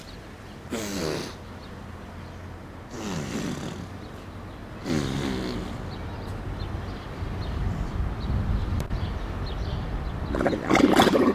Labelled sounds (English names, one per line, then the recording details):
Grey Seal call
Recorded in captivity
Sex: male
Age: adult
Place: Zoo Rostock, Mecklenburg-Vorpommern, DE
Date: 1986-07-09 17:47
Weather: sunny, 14°C
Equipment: Nagra SN, Kopie Tesla B 116
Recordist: Tembrock, Günter